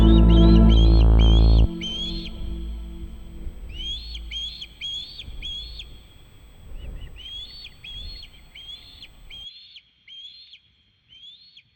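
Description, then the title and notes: Osprey begging calls: short, high whistled chirps repeated in quick bursts, with a loud low rumble at the start and quiet gaps between bursts. Young birds waiting in the nest to be fed by their parents, though they are fully grown and able to fly and hunt. "Osprey Y Sus Pollxs. espera en el nido a ser alimentada por sus progenitores a pesar de tener el cuerpo desarrollado y la capacidad de volar y cazar"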